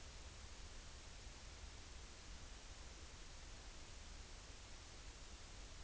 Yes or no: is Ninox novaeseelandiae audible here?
no